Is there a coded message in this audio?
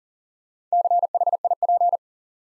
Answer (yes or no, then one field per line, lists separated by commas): yes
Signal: Morse code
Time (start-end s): 0.7-2.0 s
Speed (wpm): 37 wpm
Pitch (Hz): 700 Hz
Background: none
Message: CHIP